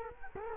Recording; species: mosquito wingbeat signal from an infrared sensor; Culex quinquefasciatus